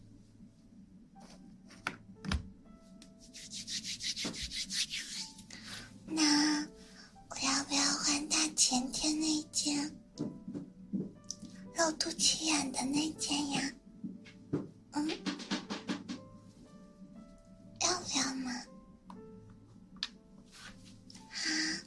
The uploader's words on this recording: ASMR Ear cleaning & Ear massage.